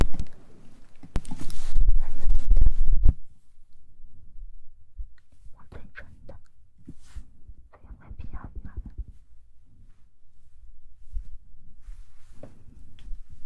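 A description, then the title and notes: Wet mouth sounds, opening with a dense rustling burst, then scattered soft clicks and smacks at irregular intervals. ASMR Tingly Mouth Sounds.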